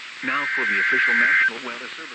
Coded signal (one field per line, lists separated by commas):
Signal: Emergency Alert System (SAME) tones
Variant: header bursts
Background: speech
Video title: AM I GOING INSANE?! - Weather Alerts from 8/13/2025 (EAS #432-#441)